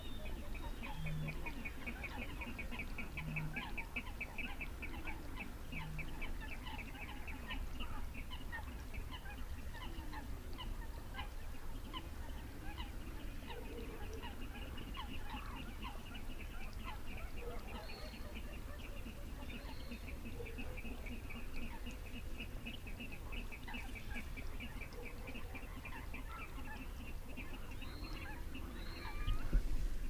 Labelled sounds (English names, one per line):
Little Crake